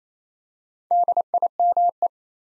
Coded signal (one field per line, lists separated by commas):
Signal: Morse code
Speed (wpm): 27 wpm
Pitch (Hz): 700 Hz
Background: none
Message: DIME